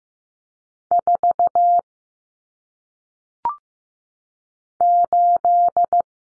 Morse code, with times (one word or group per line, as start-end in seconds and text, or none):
0.9-1.8 4
4.8-6.0 8